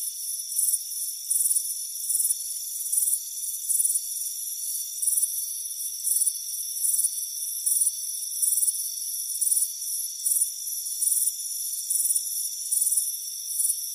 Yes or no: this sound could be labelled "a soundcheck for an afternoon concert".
no